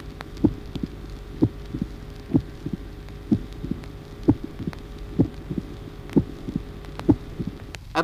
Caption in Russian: Ритм перепела характеризуется усиленным первым тоном. При сужении левого атриовентрикулярного отверстия. Хлопающий первый тон высокого тембра. Второй тон отчетливо раздвоен.